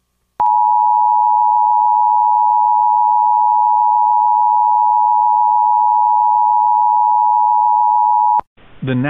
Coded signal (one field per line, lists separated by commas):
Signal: Emergency Alert System (SAME) tones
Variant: 853 and 960 Hz attention tone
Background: speech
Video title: EAS Reenactment Mock: Duval County, TX TOR - (05/26/2020)